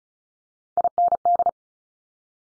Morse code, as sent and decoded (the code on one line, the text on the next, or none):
.. -. -..
IND